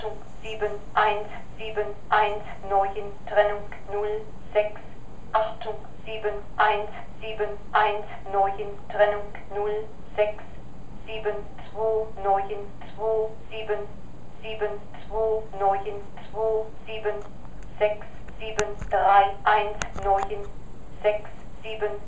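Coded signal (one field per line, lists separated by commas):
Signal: numbers station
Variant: German, synthesized female voice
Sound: monotone German female voice reading "Achtung" then strings of single-digit numbers evenly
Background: room hum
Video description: This machine pronounces, in a monotone voice, a string of numbers used by intelligence agencies for one-way shortwave radio communication with their agents in enemy countries.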